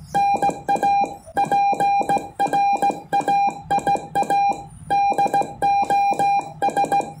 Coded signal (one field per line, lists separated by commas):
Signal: Morse code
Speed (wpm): 17 wpm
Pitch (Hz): 800 Hz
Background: music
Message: NA PRAIA DOS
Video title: QRP 5W COM ANTENA MAGLOOP